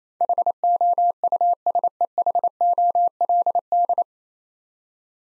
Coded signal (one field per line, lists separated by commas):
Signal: Morse code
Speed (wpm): 28 wpm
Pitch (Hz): 700 Hz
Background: none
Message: HOUSEHOLD